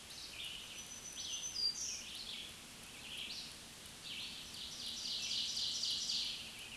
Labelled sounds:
Black-throated Green Warbler song
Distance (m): 35 m
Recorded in a Pennsylvania forest on 1 June 2023 at 05:43
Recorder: AudioMoth, point grid3_26_high
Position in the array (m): 140 m, 30 m

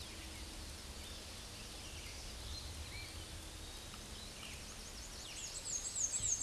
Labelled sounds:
Black-and-white Warbler song
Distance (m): 30 m
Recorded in a Pennsylvania forest on 19 May 2023 at 10:32
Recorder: AudioMoth, point grid1_19_low
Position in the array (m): 70 m, 209 m

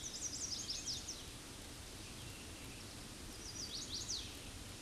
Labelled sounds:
Chestnut-sided Warbler song
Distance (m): 50 m
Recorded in a Pennsylvania forest on 18 May 2023 at 06:55
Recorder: AudioMoth, point grid1_10_low
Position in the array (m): 69 m, 134 m

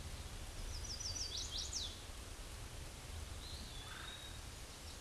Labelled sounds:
Chestnut-sided Warbler song
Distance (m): 35 m
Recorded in a Pennsylvania forest on 17 May 2023 at 11:41
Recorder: AudioMoth, point grid1_40_low
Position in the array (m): 112 m, 209 m

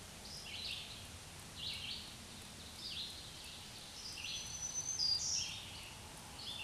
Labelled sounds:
Black-throated Green Warbler song
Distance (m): 15 m
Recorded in a Pennsylvania forest on 1 June 2023 at 07:54
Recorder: AudioMoth, point grid3_16_low
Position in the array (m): 237 m, 135 m

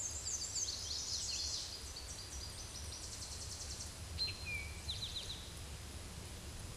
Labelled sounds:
Eastern Towhee song
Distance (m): 55 m
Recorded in a Pennsylvania forest on 17 May 2023 at 12:10
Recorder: AudioMoth, point grid1_20_low
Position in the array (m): 115 m, 214 m

